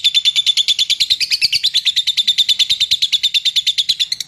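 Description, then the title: Bird song: a fast, even trill of high, chirping notes, sustained steadily throughout. Training song used to teach songbirds. "Suara masteran Burung"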